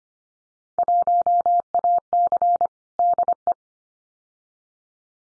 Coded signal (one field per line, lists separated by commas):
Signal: Morse code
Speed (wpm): 25 wpm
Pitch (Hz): 700 Hz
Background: none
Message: 1AC DE